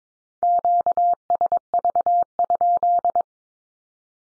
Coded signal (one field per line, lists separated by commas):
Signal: Morse code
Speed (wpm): 22 wpm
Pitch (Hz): 700 Hz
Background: none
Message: QSV?